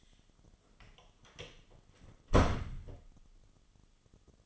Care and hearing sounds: daily activity, microphone in the room; close door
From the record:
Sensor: 4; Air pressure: 1005.8 hPa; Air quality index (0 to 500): 70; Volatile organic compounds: 1 ppm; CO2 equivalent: 855 ppm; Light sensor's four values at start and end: 13/29/11/11 and 14/31/12/12

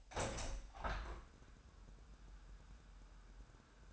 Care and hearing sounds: daily activity, microphone in the room; open window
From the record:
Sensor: 2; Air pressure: 999.9 hPa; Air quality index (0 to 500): 227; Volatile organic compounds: 58 ppm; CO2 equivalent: 3398 ppm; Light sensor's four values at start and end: 8/20/8/8 and 9/21/8/8

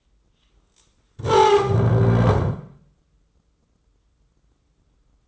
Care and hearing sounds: daily activity, microphone in the room; stand up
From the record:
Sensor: 3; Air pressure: 996.0 hPa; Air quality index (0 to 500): 246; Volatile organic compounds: 1000 ppm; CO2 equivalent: 6300 ppm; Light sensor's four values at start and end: 39/95/41/45 and 38/92/40/43

